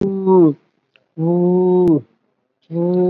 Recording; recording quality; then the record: sustained vowel as in boot; excellent, no background noise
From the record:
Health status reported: COVID-19 positive, mild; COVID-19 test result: positive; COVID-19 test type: RT-PCR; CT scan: not taken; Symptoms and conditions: cough, cold, breathing difficulty, fever, fatigue, hypertension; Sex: female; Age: 68 years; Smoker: no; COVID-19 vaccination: one dose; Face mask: not worn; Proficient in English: no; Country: India